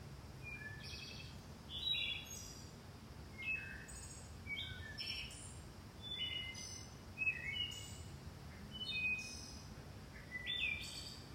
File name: Bird - Back Deck 8 19 PM 5-19-22 79 degrees